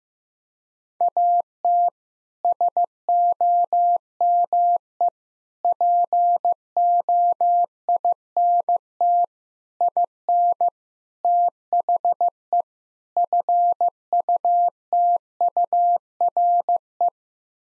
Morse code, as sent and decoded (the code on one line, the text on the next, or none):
.- - / ... --- -- . / .--. --- .. -. - / .. -. / - .... . / ..-. ..- - ..- .-. .
AT SOME POINT IN THE FUTURE